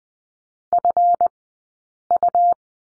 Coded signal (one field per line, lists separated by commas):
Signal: Morse code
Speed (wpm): 20 wpm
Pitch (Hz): 700 Hz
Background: none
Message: FU